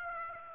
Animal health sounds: mosquito wingbeat signal from an infrared sensor; Aedes aegypti

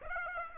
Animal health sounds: mosquito wingbeat signal from an infrared sensor; Aedes aegypti

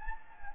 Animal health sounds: mosquito wingbeat signal from an infrared sensor; Anopheles gambiae

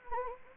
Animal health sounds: mosquito wingbeat signal from an infrared sensor; Anopheles gambiae

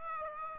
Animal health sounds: mosquito wingbeat signal from an infrared sensor; Aedes aegypti

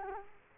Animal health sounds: mosquito wingbeat signal from an infrared sensor; Culex quinquefasciatus

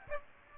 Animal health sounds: mosquito wingbeat signal from an infrared sensor; Aedes aegypti

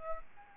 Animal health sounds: mosquito wingbeat signal from an infrared sensor; Aedes albopictus

